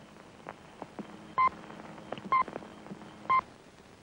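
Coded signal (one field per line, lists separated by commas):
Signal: speaking clock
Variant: Australian Post Office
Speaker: the third service it will be 10:28 precise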